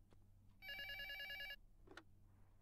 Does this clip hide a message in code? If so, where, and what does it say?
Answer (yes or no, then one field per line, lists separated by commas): no